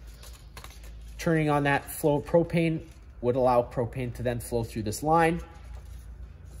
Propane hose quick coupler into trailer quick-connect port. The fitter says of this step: you can use the coupler push it in and it locks into place